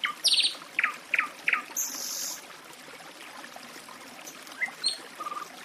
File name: Penie ptic - Solovej u lesnogo ruchya